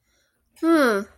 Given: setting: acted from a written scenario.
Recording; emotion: vocal sound without words; interest